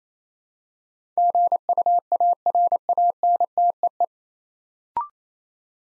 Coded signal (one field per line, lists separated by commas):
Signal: Morse code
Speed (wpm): 28 wpm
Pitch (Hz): 700 Hz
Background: none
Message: GUARANTEE